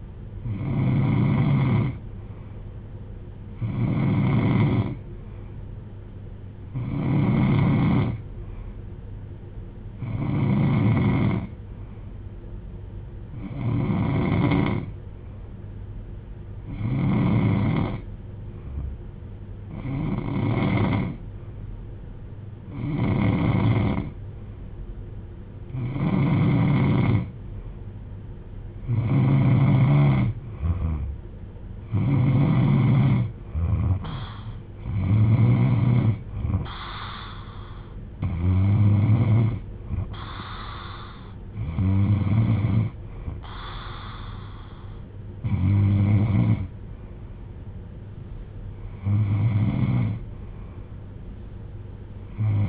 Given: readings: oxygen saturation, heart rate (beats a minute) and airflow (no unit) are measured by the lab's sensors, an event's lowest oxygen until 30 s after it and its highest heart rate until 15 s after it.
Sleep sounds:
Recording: breathing in sleep by a smartphone at the bedside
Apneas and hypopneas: 1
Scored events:
19.00-33.90 s: hypopnea (N3, oxygen 93% highest, then 90% lowest)
From the record:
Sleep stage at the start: N3 (deep sleep)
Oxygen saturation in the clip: 90 to 93%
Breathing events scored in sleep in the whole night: 310 in 8.1 hours asleep

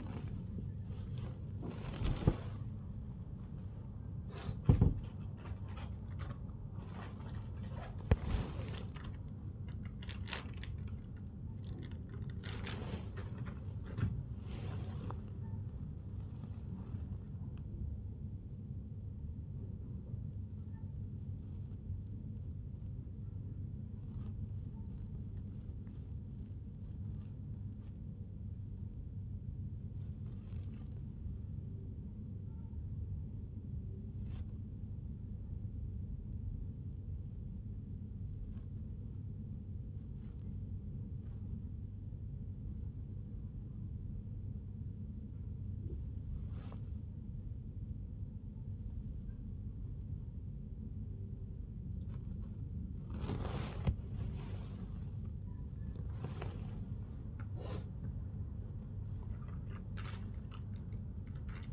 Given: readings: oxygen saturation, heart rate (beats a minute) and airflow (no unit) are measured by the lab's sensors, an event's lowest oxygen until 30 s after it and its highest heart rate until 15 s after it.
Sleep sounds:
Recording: a person awake in a sleep study, by a smartphone at the bedside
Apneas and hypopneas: none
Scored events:
0.00-61.72 s: awake
From the record:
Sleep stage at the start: awake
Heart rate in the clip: 73 to 98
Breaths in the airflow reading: 24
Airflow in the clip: -0.7 to 0.7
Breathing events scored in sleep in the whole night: 51 in 8.9 hours asleep

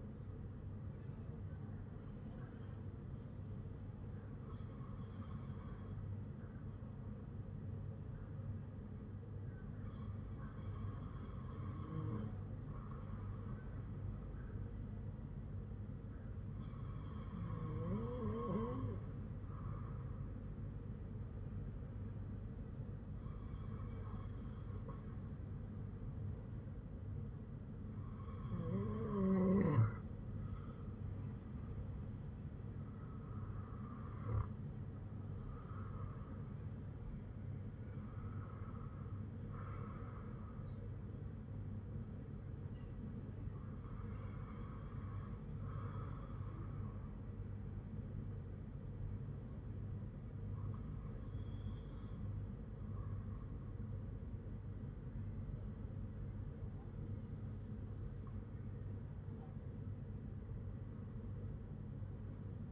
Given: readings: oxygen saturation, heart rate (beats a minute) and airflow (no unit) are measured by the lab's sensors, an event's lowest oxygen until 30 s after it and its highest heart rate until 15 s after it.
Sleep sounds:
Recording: breathing in sleep by a smartphone at the bedside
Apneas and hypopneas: none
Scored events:
none scored
From the record:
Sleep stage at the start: N2 (light sleep)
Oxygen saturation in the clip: 94 to 97%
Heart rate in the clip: 52 to 60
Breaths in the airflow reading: 9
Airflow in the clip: -8.0 to 7.4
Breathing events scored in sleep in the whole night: 182 in 7.4 hours asleep

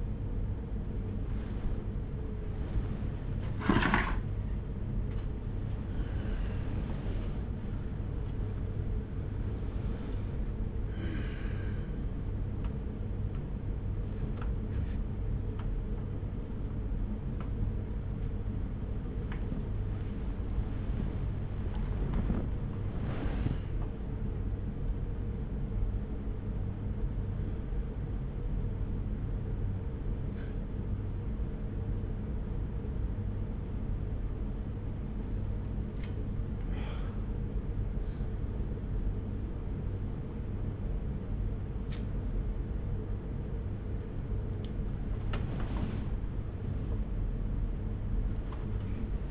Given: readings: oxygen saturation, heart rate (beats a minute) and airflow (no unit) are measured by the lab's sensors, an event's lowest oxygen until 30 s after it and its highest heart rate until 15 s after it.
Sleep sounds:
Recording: a person awake in a sleep study, by a smartphone at the bedside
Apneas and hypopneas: none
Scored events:
0.00-49.31 s: awake
0.00-49.31 s: awake
From the record:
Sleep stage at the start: awake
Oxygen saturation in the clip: 83%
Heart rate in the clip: 74 to 83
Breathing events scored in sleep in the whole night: 210 in 6.9 hours asleep

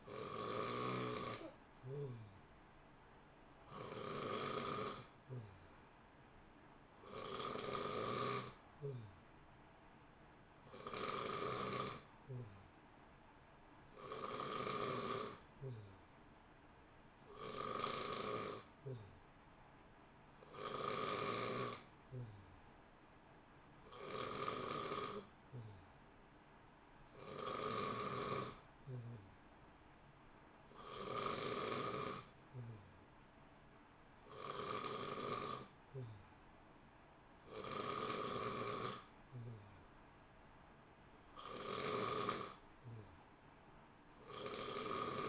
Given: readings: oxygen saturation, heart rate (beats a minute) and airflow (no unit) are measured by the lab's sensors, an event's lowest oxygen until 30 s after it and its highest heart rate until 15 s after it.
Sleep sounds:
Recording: breathing in sleep by a voice recorder at the bedside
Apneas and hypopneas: none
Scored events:
7.00-45.29 s: new sleep stage, N2 (light sleep)
From the record:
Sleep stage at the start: N3 (deep sleep)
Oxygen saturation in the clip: 90 to 91%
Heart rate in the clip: 58 to 64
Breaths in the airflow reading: 13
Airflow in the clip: -0.9 to 0.8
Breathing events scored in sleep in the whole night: 328 in 6.3 hours asleep

